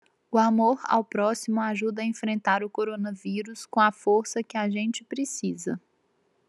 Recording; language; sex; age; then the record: spoken sentence; Brazilian Portuguese; female; 30 to 39 years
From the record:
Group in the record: control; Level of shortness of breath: 0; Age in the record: 36 years